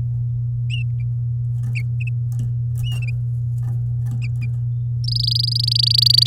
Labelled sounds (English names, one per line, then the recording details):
Domestic Canary song
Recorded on 10 May 2018 at 11:47
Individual llb16